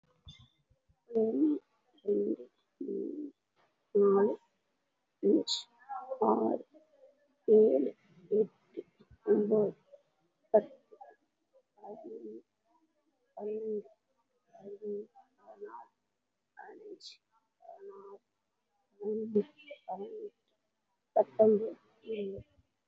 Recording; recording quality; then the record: counting at a normal pace; excellent, no background noise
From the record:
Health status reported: respiratory illness, not identified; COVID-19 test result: negative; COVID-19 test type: RT-PCR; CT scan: not taken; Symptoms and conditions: cough, cold, fatigue, asthma, another respiratory illness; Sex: female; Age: 34 years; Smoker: no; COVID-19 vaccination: none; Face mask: not worn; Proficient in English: no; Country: India